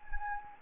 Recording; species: mosquito wingbeat signal from an infrared sensor; Anopheles gambiae